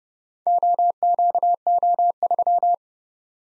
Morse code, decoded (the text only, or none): OQO3